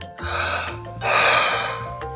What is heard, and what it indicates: Some people can even steer their wheelchairs with their breath. They do it by breathing in and out of a straw, which is great if they're not able to move their arms very well.